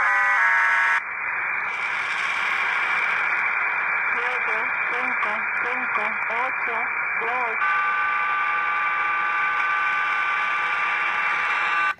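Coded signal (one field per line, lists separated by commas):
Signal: numbers station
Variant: HM01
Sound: chord of steady data tones, then broad noisy data hiss with faint speech, tones resume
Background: radio static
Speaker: The signal is right here, by the way.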